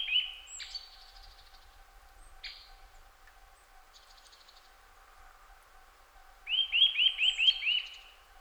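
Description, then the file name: Eurasian nuthatch notes: a brief whistle, scattered sharp high chips and short buzzy bursts, then a quick run of six rising piping notes near the end. "Sitta europaea"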